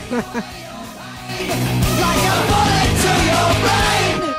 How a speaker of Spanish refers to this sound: Afortunadamente, los agentes confirmaron que todo estaba bien y que nadie, excepto la cabra triste, había proferido esos gritos de auxilio que provocaban tanta lástima.